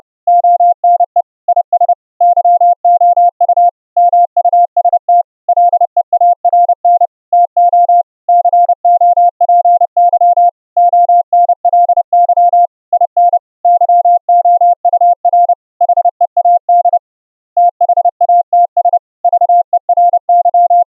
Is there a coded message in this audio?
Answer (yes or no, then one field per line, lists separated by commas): yes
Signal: Morse code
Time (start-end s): 0.3-20.8 s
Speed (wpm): 30 wpm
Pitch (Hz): 700 Hz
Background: none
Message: ONE IS YOU MUST LEARN TO COPY ONLY IN YOUR HEAD THATS VERY